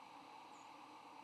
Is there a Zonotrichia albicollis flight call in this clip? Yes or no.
yes